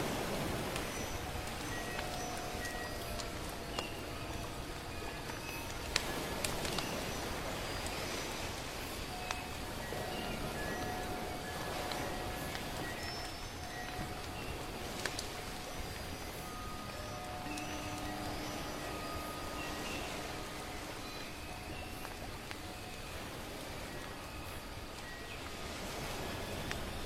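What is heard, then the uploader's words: Birds sing in short, scattered whistles and chirps over a steady soft wash that sounds like gentle waves, with faint crackling like firewood mixed in. Small pops and clicks come irregularly, a few louder near six and fifteen seconds, and a low tone briefly appears around eighteen seconds. Come to the quiet and leisurely beautiful island to feel the embrace of nature, the singing of birds, soft waves and firewood.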